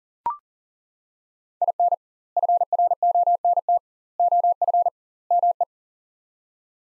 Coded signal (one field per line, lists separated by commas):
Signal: Morse code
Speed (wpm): 40 wpm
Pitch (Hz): 700 Hz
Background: none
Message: IN FRONT OF ME